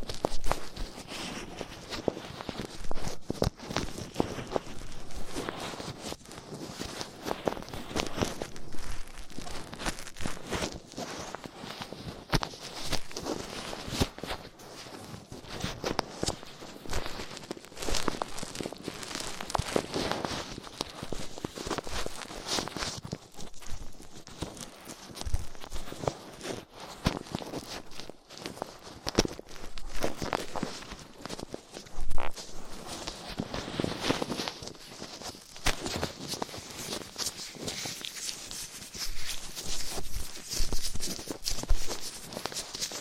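Ear cleaning with latex gloves, a dental pick and cotton swabs: dense, continuous crackling and scratching, bright and busy, with brief louder rubs throughout.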